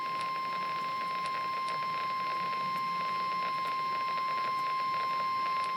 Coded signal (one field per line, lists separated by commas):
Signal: Emergency Alert System (SAME) tones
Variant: 1050 Hz attention tone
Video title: REAL EAS 1154-SMW